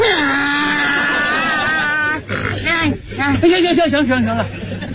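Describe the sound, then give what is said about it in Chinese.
A man performing vocal mimicry imitates a donkey braying with his voice: a long, strained, sliding tone followed by a run of loud, rhythmic, alternating hee-haw gasps and honks. “行了，哪门科学有这学驴叫啊？”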